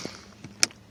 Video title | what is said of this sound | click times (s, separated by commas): 2012 - 2016 TUNDRA USB / AUX / AUDIO JACK PORT REPLACEMENT TUTORIAL | hear it click and then you'll just push it in with the USB on the top no | 0.6 s